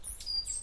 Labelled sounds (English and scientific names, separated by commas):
Stitchbird (Notiomystis cincta) song